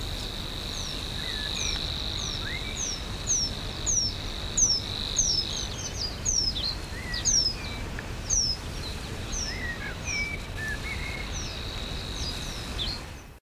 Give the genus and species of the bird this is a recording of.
Emberiza schoeniclus